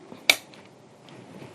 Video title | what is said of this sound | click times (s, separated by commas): UNBOXING DAN TUTORIAL PEMAKAIAN SSC ACTIVA II DARI BAYIKU.ID PADA BAYI NEWBORN (26 HARI) | lalu kita pasang sama bunyi Click | 0.3 s